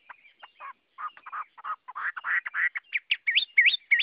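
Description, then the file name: Chinese hwamei song opening with soft jumbled notes that grow louder, ending in bright, sharply upslurred whistles repeated several times. Hwamei singing in the 'giọng rừng' (forest voice) song style. "Tieng hoa mi hot giong rung"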